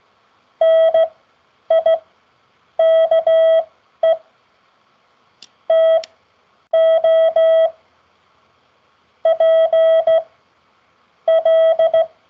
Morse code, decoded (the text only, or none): NIKE TO PL